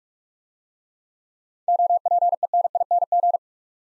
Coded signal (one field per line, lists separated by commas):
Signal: Morse code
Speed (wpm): 44 wpm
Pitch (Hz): 700 Hz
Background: none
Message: OPENING